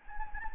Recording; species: mosquito wingbeat signal from an infrared sensor; Anopheles gambiae